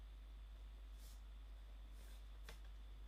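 A layered plastic stencil insert is lined up and pushed back into a plastic 3D embossing folder, and it clicks into place at 2.5 seconds with a short, sharp snap. Soft faint rustles come before it over a steady low hum, and the insert is confirmed seated back in the folder.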